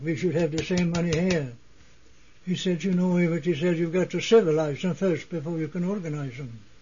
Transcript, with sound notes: We should have the same money here." ( he taps the table for emphasis ) He said, you know what he said, "You've go to civilize them first before you can organize them."